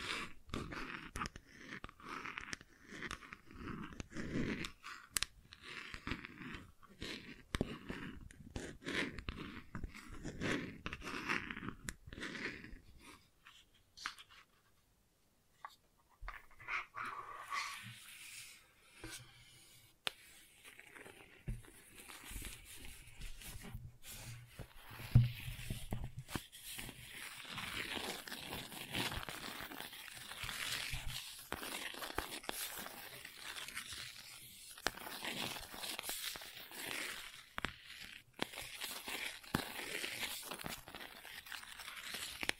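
Gentle scratching runs as dense, crackly strokes packed closely together, with a faint steady tone under the first fifteen seconds. Around fifteen seconds the scratching nearly stops, then returns softer and brighter, continuing steadily with occasional sharper taps to the end.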